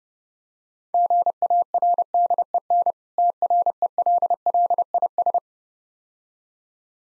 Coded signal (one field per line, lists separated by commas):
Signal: Morse code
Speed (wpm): 29 wpm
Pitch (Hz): 700 Hz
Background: none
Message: GARDEN TRELLIS